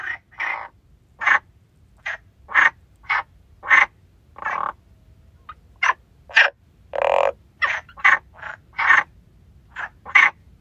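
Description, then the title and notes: Frogs croaking in a chorus, short harsh croaks in quick succession, some longer and deeper, with a faint low background hum. Frogs singing by the stone bridge at Lagoa de Traba lagoon. "Lagoa De Traba Rás. Rás cantando na Lagoa de Traba. Gravación das rás cantando no ponte de pedra da Lagoa de Traba"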